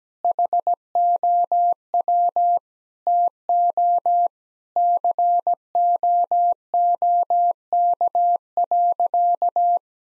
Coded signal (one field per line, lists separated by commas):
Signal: Morse code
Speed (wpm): 17 wpm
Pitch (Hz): 700 Hz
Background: none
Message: HOW TO COOK.